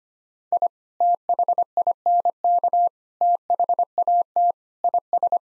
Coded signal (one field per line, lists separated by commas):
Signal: Morse code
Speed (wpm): 25 wpm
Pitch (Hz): 700 Hz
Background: none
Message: I THINK THAT IS